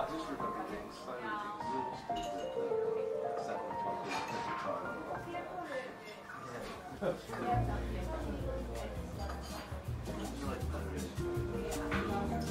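Seaside cafe ambience with a steady murmur of overlapping voices and occasional light clinks of cups and glasses. Around the middle of the clip a deep, low rumble swells in and continues to the end beneath the chatter.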